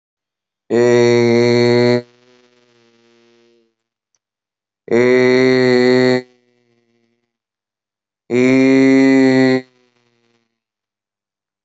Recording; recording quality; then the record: sustained vowel as in made; poor, much background noise or distortion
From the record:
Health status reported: healthy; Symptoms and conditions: none ticked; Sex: male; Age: 34 years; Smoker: not ticked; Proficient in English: yes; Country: India